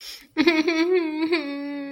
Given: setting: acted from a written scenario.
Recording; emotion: vocal sound without words; sadness